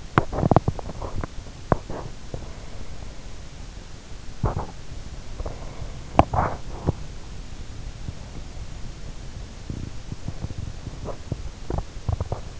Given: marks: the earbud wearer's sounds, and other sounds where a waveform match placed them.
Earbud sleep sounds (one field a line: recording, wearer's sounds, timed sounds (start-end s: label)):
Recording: sounds in sleep by an in-ear microphone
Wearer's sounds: teeth grinding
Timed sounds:
0.00-2.47 s: teeth grinding
4.15-4.80 s: teeth grinding
5.94-7.05 s: teeth grinding
7.96-12.60 s: teeth grinding